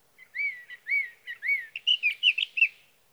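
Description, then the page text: Sage thrasher song: slurred, arching whistled notes, then a faster run of warbled, jumbled high phrases, continuous and lively, with no other sounds. Singing male heard through three nights near his night roost, evening of June 12 to morning of June 15, 2018, Sierra Valley, California, with a Swift recorder. "Birdsong for the Curious Naturalist. Sage thrasher songs, through the night. from the evening of June 12 to the morning of June 15, 2018, in Sierra Valley, California"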